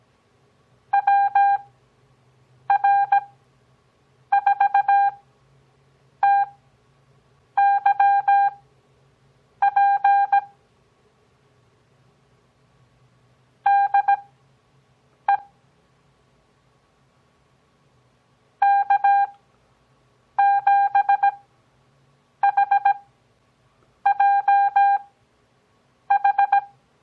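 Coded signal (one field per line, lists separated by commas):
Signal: Morse code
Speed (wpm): 17 wpm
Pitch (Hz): 800 Hz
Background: none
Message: WR4TYP DE K7HJH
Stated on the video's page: Morse copying practice as a mock contact between two fictitious stations, at Farnsworth speed of 6 WPM with 17 WPM character speed.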